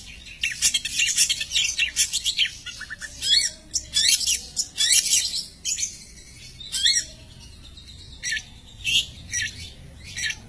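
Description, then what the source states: Long-tailed shrike song in bursts of scratchy, jumbled high notes, each phrase a second or so long, separated by short pauses and growing sparser toward the end. Champion bird.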